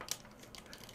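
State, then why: Seated. A plastic action figure head, from an S.H. Figuarts Goku or Vegeta, is pushed back onto a version-one replacement neck ball joint. It pops into place with a sharp click at 0.1 s, followed by a few faint ticks. The head seats and still holds on the joint.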